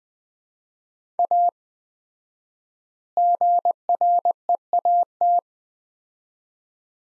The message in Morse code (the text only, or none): A GREAT